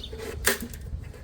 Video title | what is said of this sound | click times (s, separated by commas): 2007 Lincoln MKX Blinker Bulb Replacement DIY. 🚗💡 | you'll hear a click. | 0.5 s